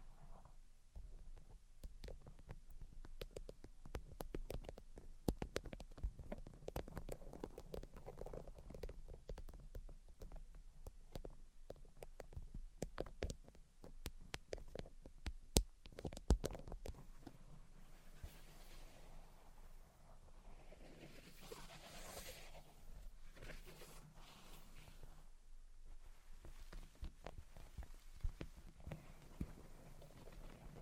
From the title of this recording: Tapping, Scratching, and Tracing Sounds